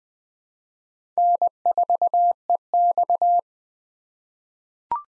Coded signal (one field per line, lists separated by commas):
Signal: Morse code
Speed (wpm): 20 wpm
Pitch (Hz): 700 Hz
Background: none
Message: N4EX